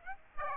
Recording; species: mosquito wingbeat signal from an infrared sensor; Aedes aegypti